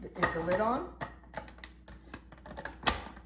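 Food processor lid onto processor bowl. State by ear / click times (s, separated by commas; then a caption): seated / 2.9 s. A child twists the plastic lid of a food processor onto its bowl while someone talks. Several small plastic clicks and knocks follow, and the lid locks into place with a click at 2.9 s.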